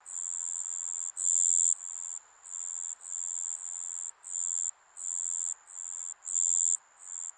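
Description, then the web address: Insect buzzing in loud, high, sustained bursts of about half a second to a second with short breaks, over a faint hissing background. Insects in a Japanese summer ambience. "Sound Effects-Foundation 1 AMBIENCE JAPANESE SUMMER INSECTS"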